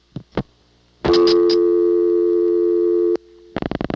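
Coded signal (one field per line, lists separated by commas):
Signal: telephone call progress tone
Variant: North America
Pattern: dial tone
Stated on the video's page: Calls dialed to local office codes from a phone served by a rare European (Siemens) switch, Ocala local network, 1982.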